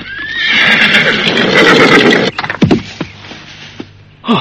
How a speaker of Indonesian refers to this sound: Belum selesai mereka bicara, tiba-tiba dari jauh seorang penunggang kuda datang mendekat.